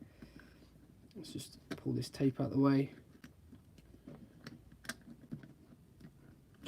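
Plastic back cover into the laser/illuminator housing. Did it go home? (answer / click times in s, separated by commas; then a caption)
yes / 4.9 s. Someone talks while moving some tape aside and pressing the plastic back cover onto the housing of an Element PEQ15 replica airsoft laser box during a teardown repair. A small click is heard at 4.9 s as the cover clips into place, with a few faint handling taps around it. The back cover is seated.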